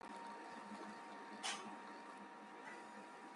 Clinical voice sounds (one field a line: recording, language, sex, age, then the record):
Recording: spoken sentence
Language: Brazilian Portuguese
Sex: female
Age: 40 to 49 years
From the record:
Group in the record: control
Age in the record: 47 years